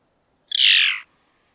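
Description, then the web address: Kinglet call, a single harsh, rasping burst about half a second long, slightly falling in pitch, in an otherwise quiet setting. "encore le roitelet noir"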